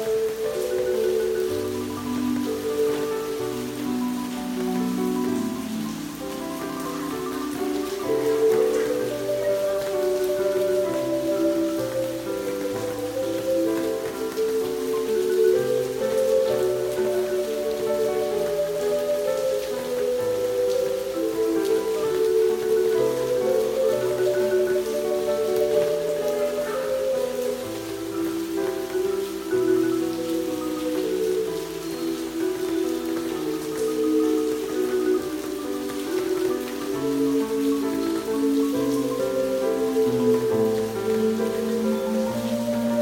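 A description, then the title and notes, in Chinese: Music plays over rain falling outside. A steady flow of sustained, overlapping notes sits in the low and middle range, shifting pitch every second or so at an even volume throughout, while a soft, constant hiss of rain runs underneath. 基督仁愛之家外面的雨聲加上音樂聲。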